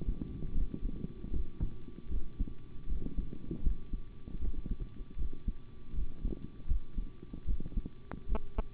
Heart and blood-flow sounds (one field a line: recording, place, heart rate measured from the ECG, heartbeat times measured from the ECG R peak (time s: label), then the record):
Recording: heart sounds by stethoscope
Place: between the tricuspid and mitral areas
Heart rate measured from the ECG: 78 bpm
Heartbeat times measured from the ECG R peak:
0.53 s: heartbeat
1.31 s: heartbeat
2.09 s: heartbeat
2.87 s: heartbeat
3.62 s: heartbeat
4.39 s: heartbeat
5.16 s: heartbeat
5.93 s: heartbeat
6.66 s: heartbeat
7.45 s: heartbeat
8.27 s: heartbeat
From the record:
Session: rest, sitting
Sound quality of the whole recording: good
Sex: male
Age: 25 years